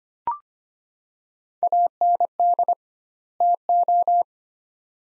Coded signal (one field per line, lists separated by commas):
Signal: Morse code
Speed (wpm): 25 wpm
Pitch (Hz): 700 Hz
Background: none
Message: AND TO